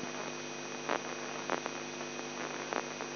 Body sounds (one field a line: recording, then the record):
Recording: brain microelectrode recording played as sound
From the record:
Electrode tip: inside the subthalamic nucleus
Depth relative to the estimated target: 0 mm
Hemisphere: left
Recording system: AlphaMap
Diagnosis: Parkinson's disease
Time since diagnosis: 11 years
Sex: male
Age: 42 years